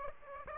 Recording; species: mosquito wingbeat signal from an infrared sensor; Aedes aegypti